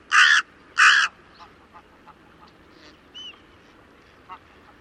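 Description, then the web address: Bird uttering two loud, hoarse caws in quick succession at the start, followed by faint, scattered chirps and clicks. "cianscape. Deverinetal 2025. Bird Only"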